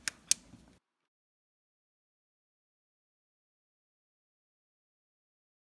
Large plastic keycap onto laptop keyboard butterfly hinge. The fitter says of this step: press down on the top of the key cap and it should snap into place